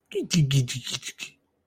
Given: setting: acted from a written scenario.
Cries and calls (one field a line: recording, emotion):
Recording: vocal sound without words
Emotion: adoration